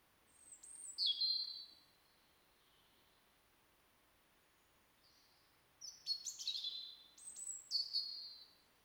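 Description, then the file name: European robin song: high, thin descending whistled notes in a short phrase, a pause, then a run of sharp high trills and sliding whistles in quick succession. "Erithacus rubecula"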